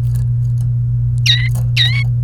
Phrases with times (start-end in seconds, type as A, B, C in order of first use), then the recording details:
1.26-1.48 A, 1.76-2.03 A. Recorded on 29 April 2018 at 12:59. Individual llb3